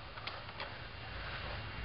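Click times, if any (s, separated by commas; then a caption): 0.3 s, 0.6 s. A RAM stick, oriented by its notch, is pushed into the memory slot of an aluminum iMac, with a steady background hiss underneath. Two short clicks sound at 0.3 s and 0.6 s as the module snaps into place and seats.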